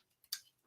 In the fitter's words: But it's, for some reason, it doesn't lock in, it doesn't tab in, and